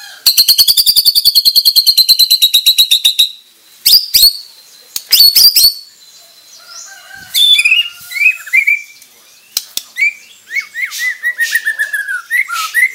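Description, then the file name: White-rumped shama calling, opening with a fast, harsh, high rattle for about three seconds, then scattered sharp notes and chattering phrases. Bornean crowned (mahkota) variety of white-rumped shama; harsh calls (suara kasar). "Suara kasar burung murai batu borneo mahkota"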